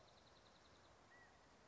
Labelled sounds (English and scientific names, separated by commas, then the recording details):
California Quail (Callipepla californica)
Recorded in Sonoma County, California